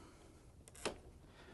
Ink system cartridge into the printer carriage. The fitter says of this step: once you feel it snap into place the next step is to install our bracket arm onto the printer